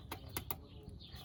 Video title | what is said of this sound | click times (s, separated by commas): Replace Spark Plugs on Chevy Silverado 5.3L V8 | Reconnect it to the ignition coil. Nice click. | 0.5 s